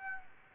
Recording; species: mosquito wingbeat signal from an infrared sensor; Aedes aegypti